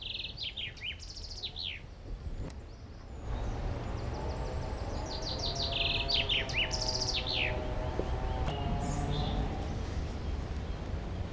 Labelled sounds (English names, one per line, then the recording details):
Common Chaffinch song
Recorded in the wild
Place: Garmisch-Partenkirchen, Bayern, DE
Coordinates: 47.4958, 11.1297
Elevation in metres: 943
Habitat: mountains
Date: 1980-03-29
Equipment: Uher 4000 Report, Sennheiser MKH 815 T
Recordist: Tretzel, Erwin